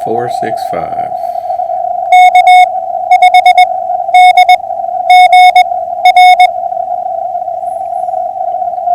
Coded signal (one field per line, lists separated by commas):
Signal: Morse code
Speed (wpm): 20 wpm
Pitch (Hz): 2200 Hz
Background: speech, radio noise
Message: K5DGR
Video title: 08312024 POTA Hunting